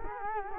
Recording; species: mosquito wingbeat signal from an infrared sensor; Culex quinquefasciatus